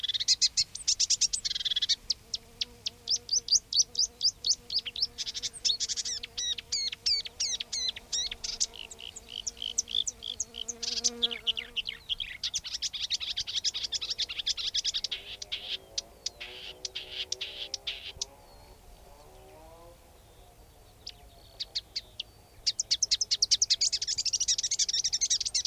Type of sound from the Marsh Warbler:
song